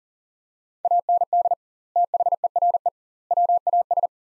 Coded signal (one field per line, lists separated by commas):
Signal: Morse code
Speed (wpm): 37 wpm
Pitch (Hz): 700 Hz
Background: none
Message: AND THERE WAS